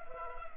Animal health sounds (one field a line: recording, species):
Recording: mosquito wingbeat signal from an infrared sensor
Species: Culex pipiens